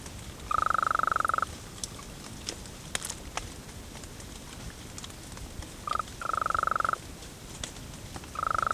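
Golden toad trill calls: pulsed, mid-pitched trills up to about a second long, one bout, then after a long gap a brief burst and two more bouts, over steady background hiss and a few faint clicks.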